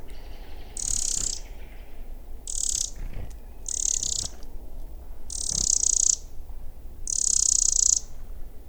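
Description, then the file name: Eurasian wren giving harsh, dry rattling bursts high in pitch, five churrs under a second each at uneven gaps, over steady low rumbling background noise. "Troglodytes troglodytes"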